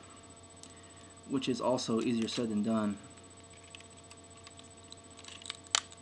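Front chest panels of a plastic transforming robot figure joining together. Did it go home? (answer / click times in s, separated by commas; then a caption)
yes / 5.8 s. Someone talks briefly while pressing the front chest panels of a plastic Transformers Animated Deluxe Bumblebee robot figure together during its transformation. A few faint ticks of the plastic parts come first, then a single sharp snap at 5.8 s as the front halves seat into place.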